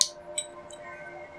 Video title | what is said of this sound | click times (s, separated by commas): Glock 19 Slide Assembly and Holosun 507c Mounting | that rear plate will click into place | 0.0 s